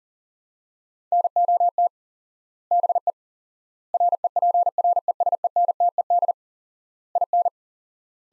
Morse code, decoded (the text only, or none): NOT BE REPRESENTED IN